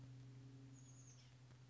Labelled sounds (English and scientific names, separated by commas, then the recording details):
Chestnut-backed Chickadee (Poecile rufescens)
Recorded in Sonoma County, California